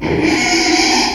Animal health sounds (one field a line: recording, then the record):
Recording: squeal of a Yucatan mini pig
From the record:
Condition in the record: after surgery on the right vocal fold (resection and tissue-engineered implant)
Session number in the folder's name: 2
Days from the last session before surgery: 13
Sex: male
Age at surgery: 12 weeks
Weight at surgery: 13 kg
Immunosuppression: cyclosporine, prednisolone